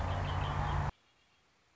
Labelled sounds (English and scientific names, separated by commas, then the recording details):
Red-winged Blackbird (Agelaius phoeniceus)
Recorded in Sonoma County, California